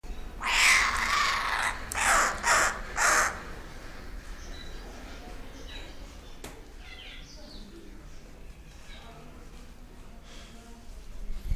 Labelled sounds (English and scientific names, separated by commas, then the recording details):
Laughing Kookaburra (Dacelo novaeguineae) call
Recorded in captivity
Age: subadult
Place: Zoo Berlin, Berlin, DE
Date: 1998-06-20 11:20
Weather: wolkig - heiter, 22°C
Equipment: Sony MD-WM MZ-R3, Sennheiser ME 80, Kopie Uher 4000 Report Monitor
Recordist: Tembrock, Günter
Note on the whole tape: D.gigas: subadulter Jungvogel: Lautfolgen bei Annäherung an adultes Tier, Entfernung ca. 1 m